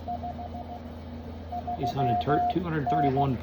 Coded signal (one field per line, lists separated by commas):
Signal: Morse code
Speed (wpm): 17 wpm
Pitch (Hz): 700 Hz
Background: speech, radio noise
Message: 53N